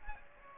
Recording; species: mosquito wingbeat signal from an infrared sensor; Aedes aegypti